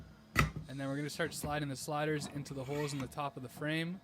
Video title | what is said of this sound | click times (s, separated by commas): How To Assemble the Eye Heart U Cam Driven Kinetic Sculpture | Slide the Center Post into the base and snap it in | 0.4 s